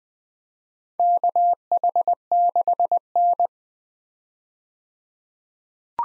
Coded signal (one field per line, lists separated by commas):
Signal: Morse code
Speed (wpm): 20 wpm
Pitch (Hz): 700 Hz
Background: none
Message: KH6N